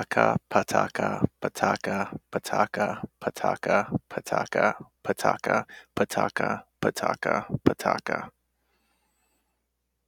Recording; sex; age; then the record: repeated syllables /pa ta ka/; male; 20 to 29 years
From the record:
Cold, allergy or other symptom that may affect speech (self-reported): no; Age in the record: 29 years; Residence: South Carolina, United States